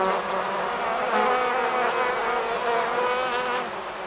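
Bee buzzing, a continuous humming drone of several insects, its tone wobbling slightly throughout.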